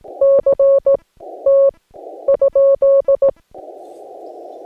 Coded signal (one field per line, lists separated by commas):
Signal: Morse code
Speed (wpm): 17 wpm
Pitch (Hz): 550 Hz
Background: none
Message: C T ?